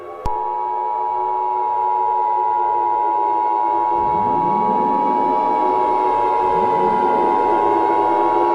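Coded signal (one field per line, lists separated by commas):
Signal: Emergency Alert System (SAME) tones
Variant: 853 and 960 Hz attention tone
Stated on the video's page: EAS tones in a fictional, made-up emergency alert scenario inspired by another scenario.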